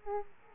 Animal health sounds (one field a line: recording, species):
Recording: mosquito wingbeat signal from an infrared sensor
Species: Aedes aegypti